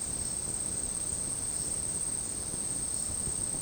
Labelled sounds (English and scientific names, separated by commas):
none